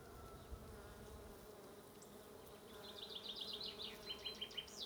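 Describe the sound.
Bee buzzing as a continuous low hum, joined in the last two seconds by rapid high-pitched bird chirps.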